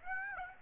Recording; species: mosquito wingbeat signal from an infrared sensor; Aedes aegypti